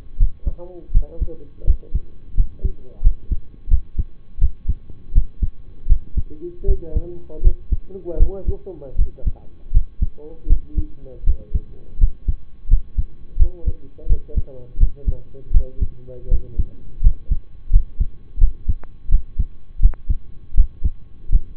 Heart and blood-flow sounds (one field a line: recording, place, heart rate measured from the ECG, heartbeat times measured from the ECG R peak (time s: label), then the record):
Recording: heart sounds by stethoscope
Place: between the tricuspid and mitral areas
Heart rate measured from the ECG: 82 bpm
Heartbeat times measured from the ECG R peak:
0.17 s: heartbeat
0.91 s: heartbeat
1.64 s: heartbeat
2.34 s: heartbeat
3.01 s: heartbeat
3.68 s: heartbeat
4.39 s: heartbeat
5.12 s: heartbeat
5.87 s: heartbeat
6.65 s: heartbeat
7.41 s: heartbeat
8.17 s: heartbeat
8.96 s: heartbeat
9.71 s: heartbeat
10.47 s: heartbeat
11.24 s: heartbeat
11.98 s: heartbeat
12.68 s: heartbeat
13.37 s: heartbeat
14.07 s: heartbeat
14.77 s: heartbeat
15.51 s: heartbeat
16.28 s: heartbeat
17.01 s: heartbeat
17.70 s: heartbeat
18.38 s: heartbeat
19.09 s: heartbeat
19.80 s: heartbeat
20.55 s: heartbeat
21.29 s: heartbeat
From the record:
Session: rest, lying down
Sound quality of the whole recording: partially saturated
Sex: male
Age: 25 years